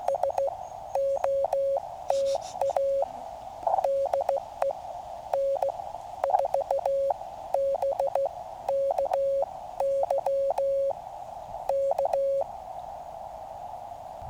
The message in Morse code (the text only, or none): SOTA DE N4BKY K